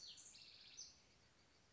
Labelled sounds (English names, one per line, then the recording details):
House Wren
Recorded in Sonoma County, California